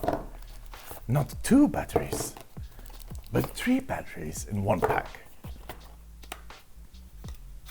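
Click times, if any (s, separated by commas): 6.3 s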